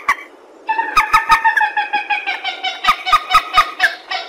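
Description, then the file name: Purple swamphen giving a brief honk, then a continuous rattling cackle of rapid nasal pulses with sharp clicking strokes. "tieng trich re keu"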